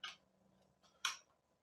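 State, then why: Not seated. A table-stand adapter plate is being handled against the underside of a Neat Bar video conferencing bar. Two short, sharp plastic ticks are heard, near 0.0 s and a louder one near 1.0 s, over near silence. Nothing has seated or clicked into place yet.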